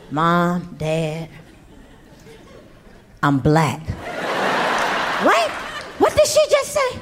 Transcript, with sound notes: Mom, Dad, I'm black.
(LAUGHTER)
What? What did she just say?